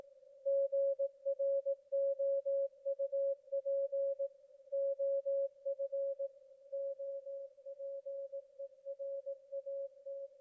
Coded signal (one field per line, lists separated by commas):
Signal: Morse code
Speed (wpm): 19 wpm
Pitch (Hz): 550 Hz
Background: none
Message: GROUP OF OPERAT